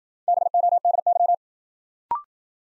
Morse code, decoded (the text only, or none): BODY